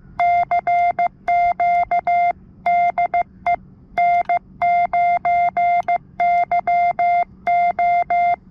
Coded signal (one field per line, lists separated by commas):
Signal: Morse code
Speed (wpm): 15 wpm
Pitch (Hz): 700 Hz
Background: none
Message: CQ DE N9YO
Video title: Testing Out My New 17' Whip Antenna At Lakeside ~ Qrp Ham Radio